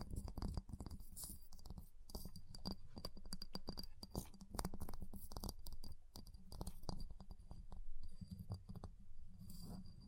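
Ice being tapped, scratched and carved, with dense clusters of sharp clicks and taps throughout, quickest between about three and six seconds. A low rumbling scrape runs underneath, with a faint steady high whine and occasional brighter scratches near the end.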